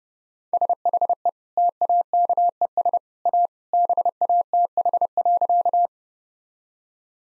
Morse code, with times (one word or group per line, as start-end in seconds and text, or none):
0.5-1.3 SHE
1.6-3.0 TAKES
3.3-3.5 A
3.7-5.9 BATH.